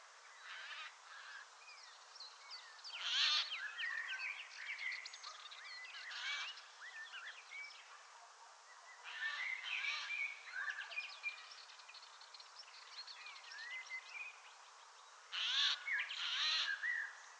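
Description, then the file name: Eurasian jay rasping screeches scattered through a busy chorus of chirping and whistling small birds, with a double harsh burst near the end. "Garrulus glandarius"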